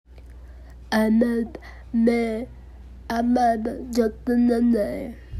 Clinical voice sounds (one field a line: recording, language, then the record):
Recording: elicited speech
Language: Bengali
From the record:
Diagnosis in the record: Broca's or global aphasia after a stroke